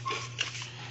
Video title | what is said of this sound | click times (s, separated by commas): FORD RANGER,REPLACE DOOR LOCK ASSY. L/R AND REPAIR POWER WINDOW MOTOR L/R | Ayan nagla-lock na | 0.4 s